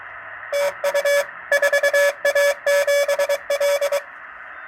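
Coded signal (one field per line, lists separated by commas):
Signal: Morse code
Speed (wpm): 23 wpm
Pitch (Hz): 570 Hz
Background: radio noise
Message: TU 4A7L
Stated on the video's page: CW received on a 50-year-old Triton II transceiver fitted with a digital VFO keypad controller.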